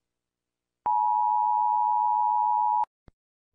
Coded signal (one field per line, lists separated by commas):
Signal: Emergency Alert System (SAME) tones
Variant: 853 and 960 Hz attention tone